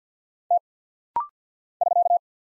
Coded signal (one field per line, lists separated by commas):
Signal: Morse code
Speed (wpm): 48 wpm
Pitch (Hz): 700 Hz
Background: none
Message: T <SK>